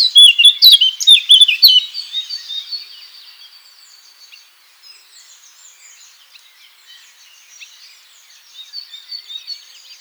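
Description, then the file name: Eurasian blackcap song opens with a loud, rich burst of warbled and fluted notes for about two seconds, then fades into soft chattering and faint warbles. "Sylvia atricapilla"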